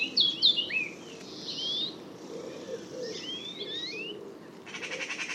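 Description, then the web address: Sharp bird chips open, then soft slurred whistles, then a faint fast pulsed rattle starts near the close. "Bird Only More Classes Pi Pi Pi Pi"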